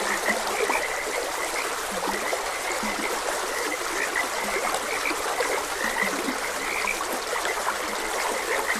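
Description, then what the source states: Frog croaks repeat densely and overlap into a chorus, with flowing water hissing steadily behind and a few lower notes now and then. Frogs croaking beside a gentle stream.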